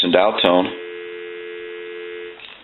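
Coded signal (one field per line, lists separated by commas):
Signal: telephone call progress tone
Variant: North America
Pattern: dial tone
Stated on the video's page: Call progress tone heard on a Western Electric 302 desk telephone during initial checkout and repair.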